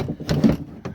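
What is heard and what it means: The window regulator track is fed up into place inside the door of a 2012 Kia Rondo, and its little retaining pins pop into their holes to hold it, lined up for the screws. Two sharp clicks ring out at 0.3 s and 0.9 s over low, rumbling handling noise. The track is seated in the door.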